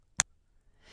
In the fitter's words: You should hear a slight click, indicating a secure connection.